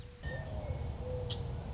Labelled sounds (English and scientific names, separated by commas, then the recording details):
Mourning Dove (Zenaida macroura)
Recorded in Sonoma County, California